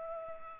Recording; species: mosquito wingbeat signal from an infrared sensor; Culex pipiens